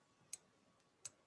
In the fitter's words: So i'm just making room, so I can close my jumping you hear a click like this.